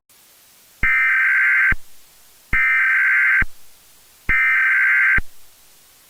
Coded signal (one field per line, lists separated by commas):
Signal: Emergency Alert System (SAME) tones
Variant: header bursts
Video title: Infected: A Zombie EAS Scenario